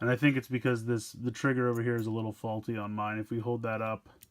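A plastic projectile is handled at an Imaginext DC Super Friends Hall of Justice toy launcher whose trigger is faulty, while someone talks throughout. Nothing has clicked or locked into place yet by the end of the clip.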